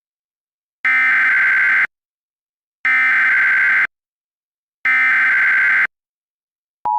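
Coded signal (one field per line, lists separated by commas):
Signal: Emergency Alert System (SAME) tones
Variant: header bursts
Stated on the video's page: Fictional EAS alert.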